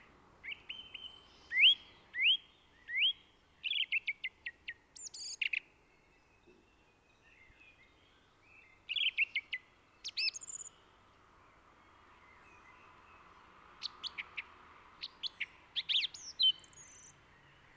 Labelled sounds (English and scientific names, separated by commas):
Song Thrush (Turdus philomelos) song